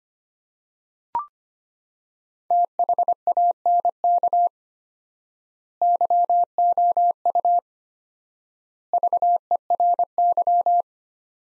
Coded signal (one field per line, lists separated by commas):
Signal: Morse code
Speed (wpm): 25 wpm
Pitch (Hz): 700 Hz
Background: none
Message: THANK YOU VERY